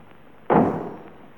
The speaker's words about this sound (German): hinein und die Tür hinter dir zugeschlagen.